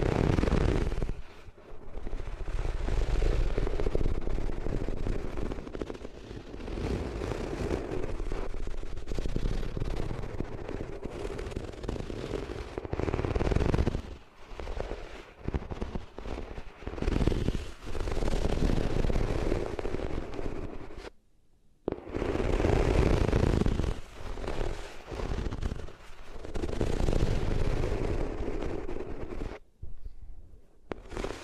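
Rubbing on different materials makes dense, rough scraping and crackling that runs almost continuously, with brief silences near 21 and 30 seconds.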